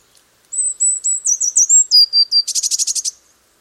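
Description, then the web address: Eurasian blue tit song, a run of high slurred notes ending in a rapid buzzy trill. "cianscape. Deverinetal"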